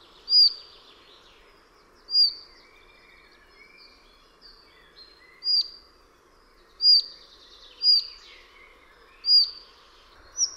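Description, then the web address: Collared flycatcher song: short, high, squeaky whistled notes repeated at intervals of a second or more, with soft lower notes between them. "Przyroda Ptaki MUCHOŁÓWKA BIAŁOSZYJA"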